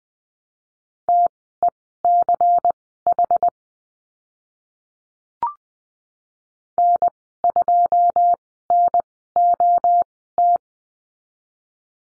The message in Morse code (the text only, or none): TECH N2NOT